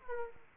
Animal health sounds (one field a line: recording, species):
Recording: mosquito wingbeat signal from an infrared sensor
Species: Aedes aegypti